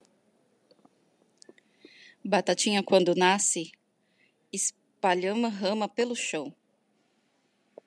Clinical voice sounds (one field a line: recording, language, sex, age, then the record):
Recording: short text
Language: Brazilian Portuguese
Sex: female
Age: 30 to 39 years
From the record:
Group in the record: control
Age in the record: 38 years